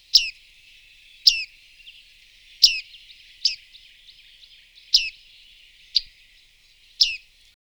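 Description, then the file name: Bearded reedling calls: sharp, metallic pinging notes repeated about every second, with soft twittering between them. Song, recorded in 2004. "roche. bartmeise"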